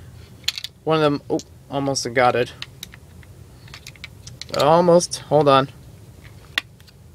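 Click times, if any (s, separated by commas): 6.6 s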